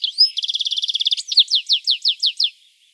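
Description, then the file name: European goldfinch giving a fast liquid trill of bright notes, then a run of several separate downward-sweeping chirps, ending in quiet. "Carduelis carduelis"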